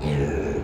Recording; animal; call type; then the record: contact call of a hoofed animal; pig; closed-mouth grunt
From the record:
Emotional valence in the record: negative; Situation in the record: short social isolation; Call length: 0.64 s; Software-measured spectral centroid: 1460 Hz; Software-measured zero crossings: 870 a second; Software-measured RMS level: -24 dBFS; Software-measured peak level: -13 dBFS